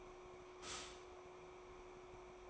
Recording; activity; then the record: daily activity, microphone in the room; stop toaster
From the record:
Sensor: 1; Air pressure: 1004.3 hPa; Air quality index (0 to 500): 202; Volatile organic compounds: 19 ppm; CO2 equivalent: 2666 ppm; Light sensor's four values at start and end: 5/13/4/5 and 5/13/4/5